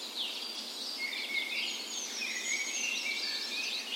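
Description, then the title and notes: Birds singing together at dawn, thin high whistles and rapid twitters overlapping in a brief, busy stretch. Dawn chorus on the morning of 17 May, Norway's National Day, in a park west in Bergen, Norway, in full spring; Sony PCM A10 recorder with LOM Usi microphones as tree ears. "17th Of May Dawn Chorus. Recorded on the morning of Norways National Day the 17th of May in a park west in Bergen. Spring is in full effect, and the dawn chorus sounds wonderful!"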